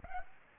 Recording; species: mosquito wingbeat signal from an infrared sensor; Aedes aegypti